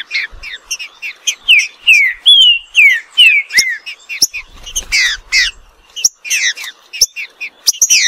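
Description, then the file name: Green-winged saltator song made of fast, loud slurred whistles and chirps, with brief clicks between phrases. "canto do trinca ferro"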